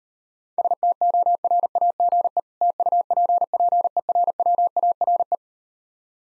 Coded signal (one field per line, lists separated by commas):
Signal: Morse code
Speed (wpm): 39 wpm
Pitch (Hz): 700 Hz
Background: none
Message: STORAGE TUPPERWARE